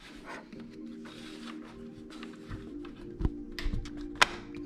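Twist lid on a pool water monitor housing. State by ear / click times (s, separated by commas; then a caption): seated / 4.2 s. The plastic twist lid of a Sutro Smart Pool Monitor housing, with the cartridge already in place, is pushed down and twisted. After a few soft handling knocks, it gives a single sharp click at 4.2 s as it seats shut, with steady background music playing throughout.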